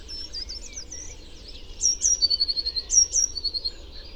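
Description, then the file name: Eurasian blue tit calls: high thin notes leading into a quick series of sharper high notes, over a low rumbling background. "Cyanistes caeruleus"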